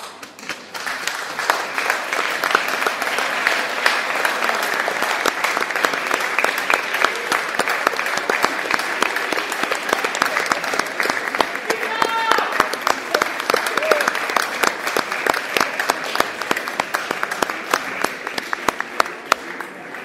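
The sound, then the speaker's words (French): Sustained applause from a festival audience applauding one another, dense rapid clapping that holds steady and loud for the full twenty seconds, with a few faint cheers or voices rising briefly midway. “Je vais vous demander quelque chose, c'est de vous regarder les uns et les autres et de vous applaudir.”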